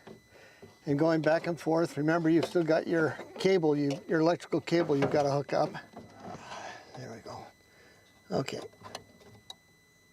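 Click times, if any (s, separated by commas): 9.5 s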